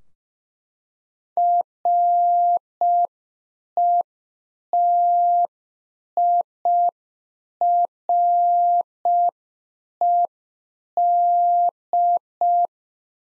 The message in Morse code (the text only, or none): RETIRED